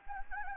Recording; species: mosquito wingbeat signal from an infrared sensor; Anopheles gambiae